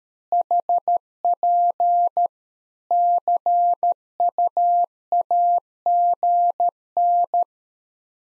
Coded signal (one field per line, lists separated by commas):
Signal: Morse code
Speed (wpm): 13 wpm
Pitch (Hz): 700 Hz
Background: none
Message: HP CUAGN